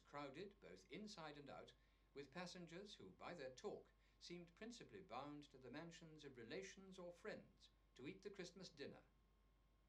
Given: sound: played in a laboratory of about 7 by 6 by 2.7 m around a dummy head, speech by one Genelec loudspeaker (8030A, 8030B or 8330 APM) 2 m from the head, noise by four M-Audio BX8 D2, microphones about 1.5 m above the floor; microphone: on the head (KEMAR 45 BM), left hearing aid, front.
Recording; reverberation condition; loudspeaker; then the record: male speech in English; low; 30 degrees to the left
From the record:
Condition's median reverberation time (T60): about 310 ms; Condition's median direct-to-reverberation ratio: about 3.5 dB